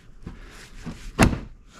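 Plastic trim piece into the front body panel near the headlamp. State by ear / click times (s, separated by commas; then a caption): seated / 1.2 s. During headlamp reassembly on a Chevy Bolt, a plastic trim piece near the headlamp and wheel well is pressed into the front body panel. After faint handling noises, a single sharp snap is heard at 1.2 s. The trim piece is seated in place.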